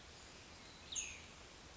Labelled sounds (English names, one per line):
Cassin's Vireo